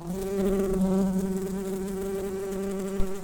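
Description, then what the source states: Common carder bee buzzing, a steady low hum with harmonics throughout, and a brief click near the end. Worker bees.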